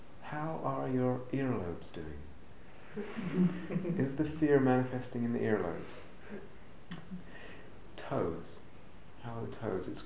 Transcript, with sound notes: How are your earlobes doing? [laughter] Is the fear manifesting in the earlobes? Toes -- how are the toes?